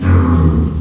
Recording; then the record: squeal of a Yucatan mini pig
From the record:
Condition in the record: after surgery on the right vocal fold (resection and tissue-engineered implant); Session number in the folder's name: 16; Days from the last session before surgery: 183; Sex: female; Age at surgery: 19 weeks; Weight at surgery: 25 kg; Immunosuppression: prednisolone